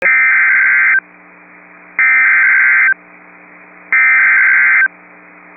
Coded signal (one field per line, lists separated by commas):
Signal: Emergency Alert System (SAME) tones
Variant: header bursts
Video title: Severe Thunderstorm Warning (Morton County, ND) (8/28/24) [EAS #24]